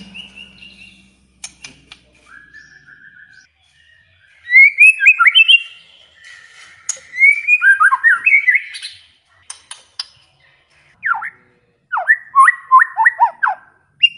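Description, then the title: White-rumped shama song: bursts of rich, varied whistles and rapid chattering trills, with loud phrases separated by short quiet gaps and a few sharp clicks. Lure sound meant to make a white-rumped shama respond and sing vigorously ('gacor'). "PANCINGAN MURAI BATU GACOR LANGSUNG RESPON"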